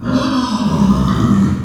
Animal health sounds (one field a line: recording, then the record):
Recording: squeal of a Yucatan mini pig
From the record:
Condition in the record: after surgery on the right vocal fold (resection and tissue-engineered implant)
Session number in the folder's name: 14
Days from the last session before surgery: 133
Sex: female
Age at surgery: 19 weeks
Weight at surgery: 25 kg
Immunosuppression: prednisolone